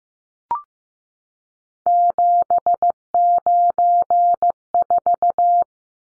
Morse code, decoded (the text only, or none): 794